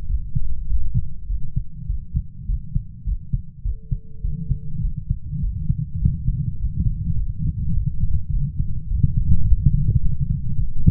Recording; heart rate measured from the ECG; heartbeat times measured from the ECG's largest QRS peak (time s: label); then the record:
heart sounds by stethoscope; 103 bpm
0.10 s: heartbeat
0.70 s: heartbeat
1.30 s: heartbeat
1.89 s: heartbeat
2.49 s: heartbeat
3.07 s: heartbeat
3.65 s: heartbeat
4.24 s: heartbeat
4.84 s: heartbeat
5.44 s: heartbeat
6.03 s: heartbeat
6.60 s: heartbeat
7.18 s: heartbeat
7.77 s: heartbeat
8.34 s: heartbeat
8.91 s: heartbeat
9.48 s: heartbeat
10.04 s: heartbeat
10.60 s: heartbeat
From the record:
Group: healthy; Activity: rest 0-4 s, light exercise 4-11 s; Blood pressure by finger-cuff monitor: 161/79 mmHg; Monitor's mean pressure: 102 mmHg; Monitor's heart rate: 102 bpm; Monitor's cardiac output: 8.9 L/min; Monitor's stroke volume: 87 mL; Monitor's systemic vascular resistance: 840 dyn s/cm5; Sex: male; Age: 21 years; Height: 175 cm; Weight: 72.6 kg